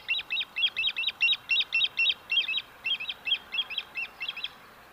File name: Western Grebe - Aechmophorus occidentalis